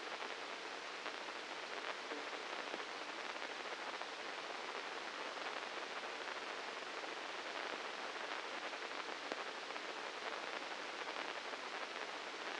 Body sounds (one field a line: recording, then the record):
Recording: brain microelectrode recording played as sound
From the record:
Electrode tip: inside the subthalamic nucleus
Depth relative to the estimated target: -2 mm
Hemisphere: left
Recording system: NeuroSet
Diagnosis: Parkinson's disease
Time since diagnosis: 9 years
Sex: male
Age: 56 years